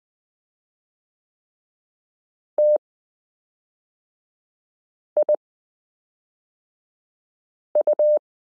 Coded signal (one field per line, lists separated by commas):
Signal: Morse code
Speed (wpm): 20 wpm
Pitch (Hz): 600 Hz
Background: none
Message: TIU